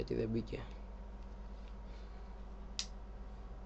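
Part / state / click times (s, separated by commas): hard drive into tool-less drive tray / seated / 2.8 s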